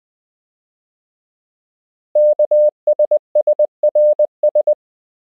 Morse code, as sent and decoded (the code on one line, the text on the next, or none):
-.- ... ... .-. ...
KSSRS